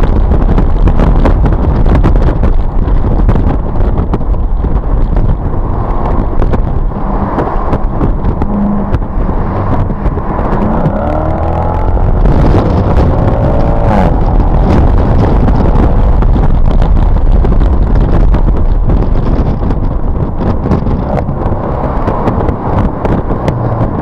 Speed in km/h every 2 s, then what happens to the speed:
103, 92, 77, 66, 66, 74, 98, 116, 119, 98, 79, 58.
0-8 brakes to 66. 8-16 speeds up to 119. 16-24 brakes to 58.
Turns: 3-10, 20-24.